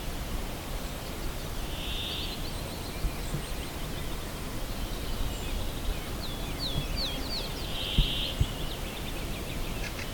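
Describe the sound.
Brambling song: two drawn-out nasal buzzes about six seconds apart, with other small birds twittering and trilling around them over steady low rumbling noise.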